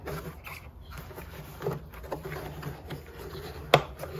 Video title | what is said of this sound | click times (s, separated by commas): How to Replace the Headlights on an ACURA TSX #acura #acuratsx | Snaps right in. | 3.7 s